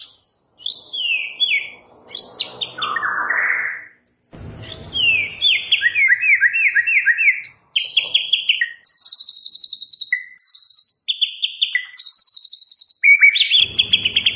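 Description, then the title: White-rumped shama singing a rich medley: sliding whistles, a low warbled swoop, rolling note series and high rattling bursts, packed closely together. Singing in a full rolling (ngerol) and shooting (nembak) song style. "Masteran Murai Batu Full Ngerol Nembak"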